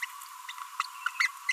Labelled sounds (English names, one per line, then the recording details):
Green-rumped Parrotlet babbling
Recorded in a nest box in Venezuela
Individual 18B25A5